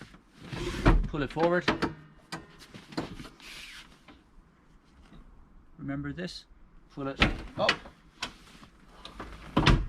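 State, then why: Seated. Someone talks while a campervan's rear folding seat or bench is pulled up by hand into its locking mechanism, with scattered knocks and rattles along the way. A loud pair of clicks at 9.6 s and 9.7 s marks the latch engaging as the seat locks into place.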